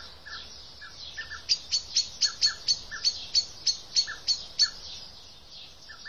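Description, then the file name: Common blackbird giving a quick run of many sharp, high, metallic call notes, with softer lower notes scattered before, among and after them. "Turdus merula"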